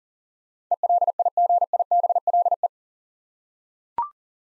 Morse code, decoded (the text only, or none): ELIGIBLE